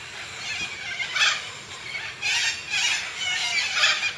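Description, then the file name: Major Mitchell's cockatoo giving several harsh, scratchy screeches at uneven intervals over steady background noise. "canto da cacatua inca"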